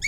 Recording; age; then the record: pig call; weaner (32 to 43 days)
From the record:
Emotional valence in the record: negative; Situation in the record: short isolation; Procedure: open field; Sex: female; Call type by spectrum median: high-frequency call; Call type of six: high-frequency stable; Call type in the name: high-frequency stable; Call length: 0.08 s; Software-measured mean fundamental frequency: 210 Hz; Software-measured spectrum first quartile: 2051 Hz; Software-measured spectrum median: 2620 Hz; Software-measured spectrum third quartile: 5733 Hz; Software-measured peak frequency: 2206 Hz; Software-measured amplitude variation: 130 dB a second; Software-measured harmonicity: 13.3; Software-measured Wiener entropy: -4.79